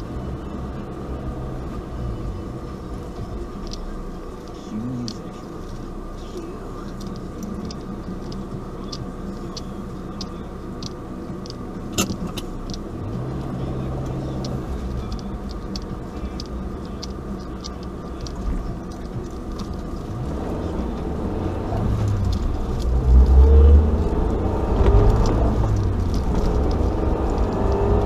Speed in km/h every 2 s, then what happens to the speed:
0, 0, 0, 0, 0, 0, 0, 0, 0, 6, 11, 17, 25, 31.
0-16 standing. 16-28 pulls away to 31.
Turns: none.